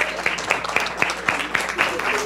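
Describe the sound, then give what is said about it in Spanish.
Audience applause for the soloists of the Universidad Veracruzana choir at a Christmas concert: a dense, steady wash of many hands clapping, with sharp accents recurring about four times a second, as if part of the crowd claps in rhythm. “Y claro, un aplauso para los maestros solistas en este arreglo maravilloso.”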